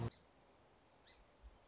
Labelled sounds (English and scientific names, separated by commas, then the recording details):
Song Sparrow (Melospiza melodia)
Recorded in Sonoma County, California